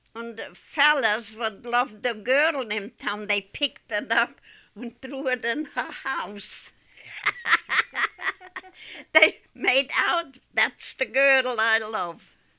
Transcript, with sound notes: Und the fellows what loved the girl in town, they picked it up und threw it in her house. (they laugh) They made out, that's the girl I love